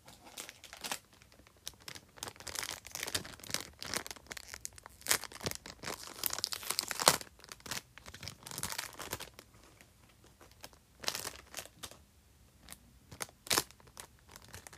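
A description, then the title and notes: Something is being unwrapped, with dense, irregular crinkling and crackling of packaging through most of the clip. Sharp bright crunches punctuate it, the loudest near the middle, with quieter pauses around ten and twelve seconds. The sound of unwrapping something.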